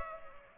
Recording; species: mosquito wingbeat signal from an infrared sensor; Culex pipiens